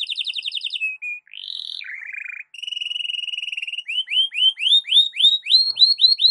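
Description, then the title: Canary song opening with a rapid trill, then buzzy notes, a steady pulsed rattle, and a closing run of repeated upward-sweeping whistles. Belgian canary song, presented as morning warm-up singing suited for masteran (song tutoring). "Canto Para Esquentar Canário Belga. SUARA BURUNG KENARI DI PAGI HARI COCOK BUAT MASTERAN"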